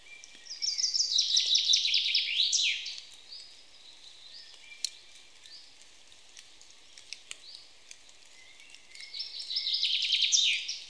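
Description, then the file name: Common chaffinch sings two songs, each a trill that drops in pitch before a terminal flourish, separated by a long pause with soft background chirps. "Fringilla coelebs"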